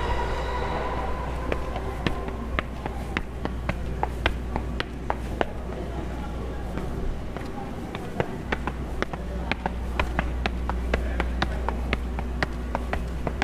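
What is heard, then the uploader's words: A busy street scene in Tokyo, with a steady low rumble of traffic or a passing train underneath. Sharp clicks and knocks come irregularly every second or so, over faint murmuring voices and a soft tone early on. Sounds of Tokyo | Tokyo, Japan.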